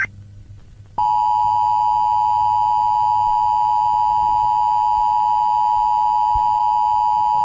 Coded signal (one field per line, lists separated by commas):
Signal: Emergency Alert System (SAME) tones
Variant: 853 and 960 Hz attention tone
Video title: Bloxburg Eas Alert Emergency 6/28/25